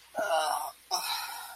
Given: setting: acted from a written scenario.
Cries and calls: vocal sound without words; shame

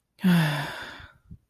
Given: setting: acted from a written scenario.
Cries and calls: vocal sound without words; contentment

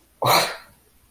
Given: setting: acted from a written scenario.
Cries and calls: vocal sound without words; anger

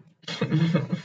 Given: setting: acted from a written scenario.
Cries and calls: vocal sound without words; distress

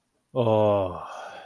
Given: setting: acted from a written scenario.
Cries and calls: vocal sound without words; serenity

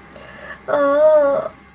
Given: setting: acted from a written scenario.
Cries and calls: vocal sound without words; distress

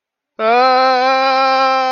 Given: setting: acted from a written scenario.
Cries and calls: vocal sound without words; fear

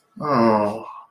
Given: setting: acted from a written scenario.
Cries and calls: vocal sound without words; sympathy

